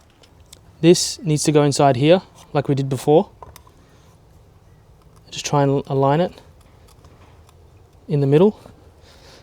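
A plastic cap and filler piece is being lined up in the middle of the threaded opening of a DI resin tank before it is twisted on. Someone talks over light ticking and handling sounds. Nothing has seated or clicked yet.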